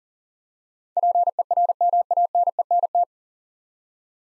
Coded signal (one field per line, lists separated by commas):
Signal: Morse code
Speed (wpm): 40 wpm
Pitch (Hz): 700 Hz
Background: none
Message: PERMANENT